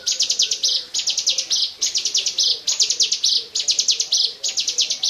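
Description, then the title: Bar-winged prinia repeating shrill chipping bursts that end in a longer buzzy note, phrases following one another closely. "Suara Burung Ciblek"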